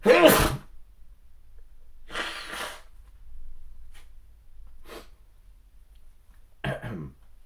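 A single loud, sharp adult sneeze opens the clip, lasting about half a second. It is followed by quieter breathy sniffs or exhalations at roughly two, five and seven seconds.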